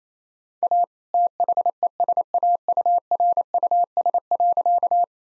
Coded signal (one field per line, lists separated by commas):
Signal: Morse code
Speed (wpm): 27 wpm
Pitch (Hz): 700 Hz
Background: none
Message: A THESAURUS.